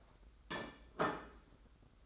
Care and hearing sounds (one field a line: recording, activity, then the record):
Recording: daily activity, microphone in the room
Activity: place plate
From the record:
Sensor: 3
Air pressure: 991.8 hPa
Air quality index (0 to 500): 179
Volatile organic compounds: 1000 ppm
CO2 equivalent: 5980 ppm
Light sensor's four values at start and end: 23/71/29/26 and 24/73/30/26